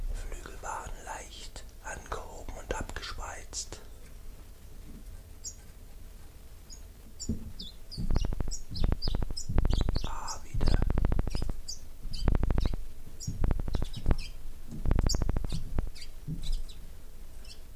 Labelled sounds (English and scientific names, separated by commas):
Common Chiffchaff (Phylloscopus collybita)